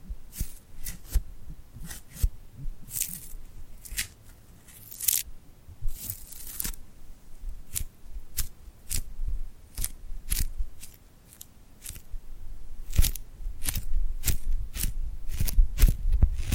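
Glued hands pull apart in quick sticky snaps and crackles, irregular bursts every half second or so over a soft low rumble.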